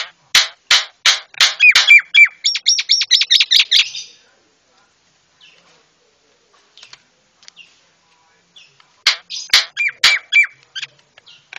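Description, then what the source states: Javan myna song: a string of sharp, harsh clicks leads into a rapid, even series of buzzy whistled notes, a quiet gap, then more harsh clicking notes. White-eyed myna (jalak kebo mata putih), used to train cage birds.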